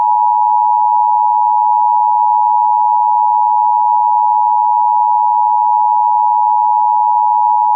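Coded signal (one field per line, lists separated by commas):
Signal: Emergency Alert System (SAME) tones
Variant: 853 and 960 Hz attention tone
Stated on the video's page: Fictional EAS scenario based on Super Bowl 51.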